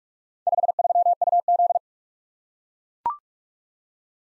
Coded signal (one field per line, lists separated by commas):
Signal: Morse code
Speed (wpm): 44 wpm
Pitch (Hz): 700 Hz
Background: none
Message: 53UZ